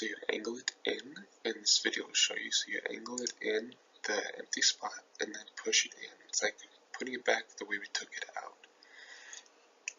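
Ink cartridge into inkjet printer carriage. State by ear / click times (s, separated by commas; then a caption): seated / 9.9 s. Someone talks while a plastic ink cartridge is angled into the carriage of an HP Photosmart D110 series inkjet printer and pushed in. A few faint clicks come near the end, then a sharp snap at 9.9 s as the cartridge seats home.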